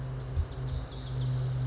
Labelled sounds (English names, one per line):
Lazuli Bunting